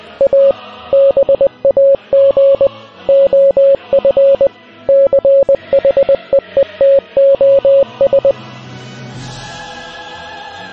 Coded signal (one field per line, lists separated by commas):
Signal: Morse code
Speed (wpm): 20 wpm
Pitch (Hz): 550 Hz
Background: music, radio noise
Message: A BAG OF CHEETOS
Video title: Send this to someone who knows morse code